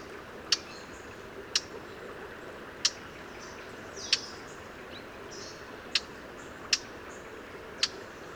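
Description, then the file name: Eurasian blackcap giving hard, clicking tack calls, single notes at irregular gaps, seven in all, with faint thin sounds behind. "Sylvia atricapilla"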